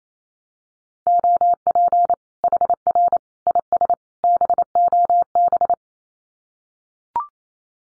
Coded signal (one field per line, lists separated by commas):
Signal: Morse code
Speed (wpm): 28 wpm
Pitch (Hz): 700 Hz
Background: none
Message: OP HR IS BOB